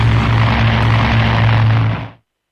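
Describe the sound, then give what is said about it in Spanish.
Rebel military airplanes, resisted in the air by government-loyal pilots and fired on from the ground, roar past in a loud, steady droning rush with a low humming engine tone, holding level for about two seconds before quickly fading out to silence. “Además de los cañoneos desde tierra, los aviones sediciosos eran resistidos en el aire por pilotos leales al gobierno.”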